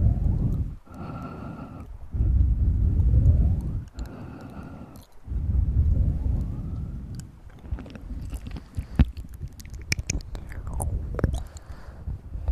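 Mouth sounds and breathing: heavy, low rushing breaths come in long swells, each rising in pitch and cut off by short silences, roughly every two seconds early on. After about seven seconds the breathing softens and sharp clicks, smacks and wet chewing-like pops scatter densely through it.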